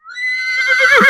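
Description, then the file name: Horse whinny, a loud tonal neigh rising into a quavering, breaking tail, cut off after about a second. "konj"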